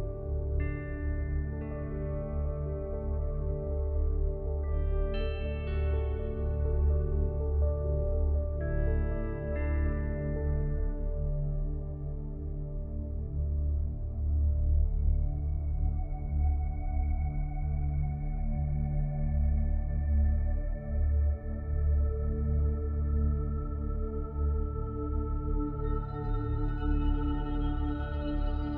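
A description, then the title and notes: Singing bowls ring in layered, sustained tones, with a deep hum underneath that stays steady throughout. Bright strikes chime near the start and again around five and nine seconds, each fading slowly, and a higher ringing tone rises near the end. Singing Bowls.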